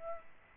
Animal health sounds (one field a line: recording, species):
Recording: mosquito wingbeat signal from an infrared sensor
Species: Aedes aegypti